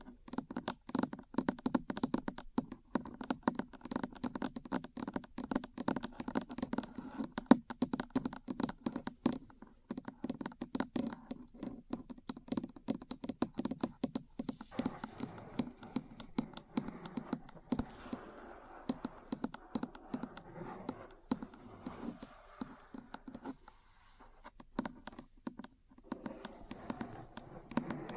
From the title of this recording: Metal Parts Tapping & Scratching